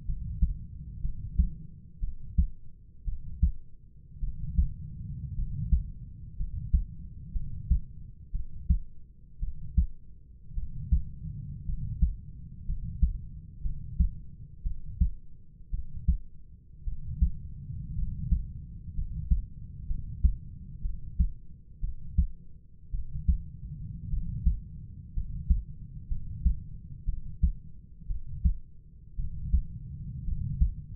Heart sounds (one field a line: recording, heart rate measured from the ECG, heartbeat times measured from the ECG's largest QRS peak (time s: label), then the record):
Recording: heart sounds by stethoscope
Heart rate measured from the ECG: 58 bpm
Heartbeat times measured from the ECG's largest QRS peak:
0.05 s: heartbeat
1.01 s: heartbeat
2.00 s: heartbeat
3.05 s: heartbeat
4.20 s: heartbeat
5.35 s: heartbeat
6.37 s: heartbeat
7.33 s: heartbeat
8.32 s: heartbeat
9.40 s: heartbeat
10.55 s: heartbeat
11.66 s: heartbeat
12.66 s: heartbeat
13.62 s: heartbeat
14.63 s: heartbeat
15.71 s: heartbeat
16.84 s: heartbeat
17.95 s: heartbeat
18.95 s: heartbeat
19.87 s: heartbeat
20.82 s: heartbeat
21.81 s: heartbeat
22.91 s: heartbeat
24.10 s: heartbeat
25.14 s: heartbeat
26.08 s: heartbeat
27.05 s: heartbeat
28.07 s: heartbeat
29.16 s: heartbeat
30.25 s: heartbeat
From the record:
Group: healthy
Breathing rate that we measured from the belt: 10 breaths a minute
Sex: male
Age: 25 years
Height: 170 cm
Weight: 70.4 kg